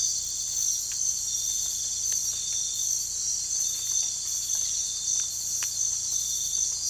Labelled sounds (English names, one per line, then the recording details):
none
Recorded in pastures near Puerto Asís, Putumayo, Colombia, on 16 December 2024 at 04:30
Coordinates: 0.466, -76.322
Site G040